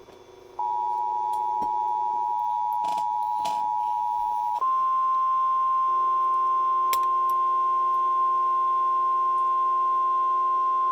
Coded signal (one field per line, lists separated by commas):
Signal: Emergency Alert System (SAME) tones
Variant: 853 and 960 Hz attention tone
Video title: EAS 2948 TOR NWS Detroit/Pontiac